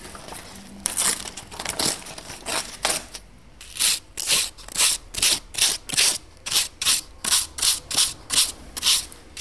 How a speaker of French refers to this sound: Pour recréer le dessin, je vais après simplement passer un petit peu de papier de verre derrière ma feuille.